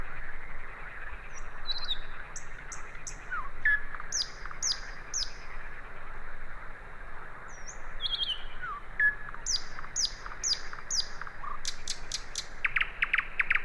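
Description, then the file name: Common nightingale song of repeated high whistled notes in groups of three or four, short slurs, and a final rapid rattle of hard notes, over a low hum. "Luscinia megarhynchos"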